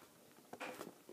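A plastic construction-toy ball-joint piece is handled and lined up with its plastic socket connector, with quiet plastic rustles and small taps around 0.5, 0.8 and 1.1 seconds. Pressure has not yet been applied, so nothing has seated or clicked yet.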